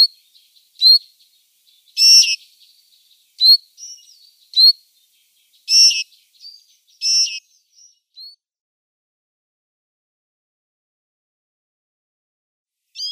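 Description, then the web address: Citril finch calls: short, high, metallic chirps and thin whistled notes, given in irregular bursts for eight seconds, then near silence with one last note. "Schulze Peter Citril Finch calls"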